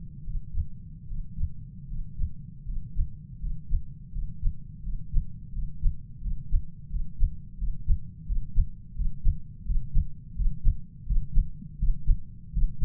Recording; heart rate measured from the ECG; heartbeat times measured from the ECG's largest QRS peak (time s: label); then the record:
heart sounds by stethoscope; 83 bpm
0.23 s: heartbeat
1.07 s: heartbeat
1.87 s: heartbeat
2.64 s: heartbeat
3.39 s: heartbeat
4.11 s: heartbeat
4.82 s: heartbeat
5.52 s: heartbeat
6.20 s: heartbeat
6.89 s: heartbeat
7.57 s: heartbeat
8.25 s: heartbeat
8.94 s: heartbeat
9.65 s: heartbeat
10.35 s: heartbeat
11.05 s: heartbeat
11.77 s: heartbeat
12.52 s: heartbeat
From the record:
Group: healthy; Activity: breath hold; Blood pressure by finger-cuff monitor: 100/65 mmHg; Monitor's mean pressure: 75 mmHg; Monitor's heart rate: 86 bpm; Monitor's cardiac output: 7.8 L/min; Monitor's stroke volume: 92 mL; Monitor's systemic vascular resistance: 680 dyn s/cm5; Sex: male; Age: 23 years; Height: 178 cm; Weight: 96.6 kg